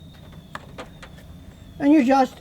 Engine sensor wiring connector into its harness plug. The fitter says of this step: The electrical part snaps back in,